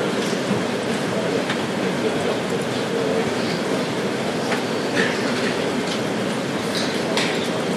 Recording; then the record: background sound without coughing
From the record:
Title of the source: Office Sounds Ambience - Background Noise for Study and Work